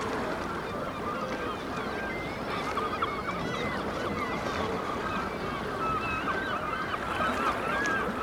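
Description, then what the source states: Black-legged kittiwakes, many overlapping nasal calls over a steady roaring background. Several kittiwakes recorded at Dunbar.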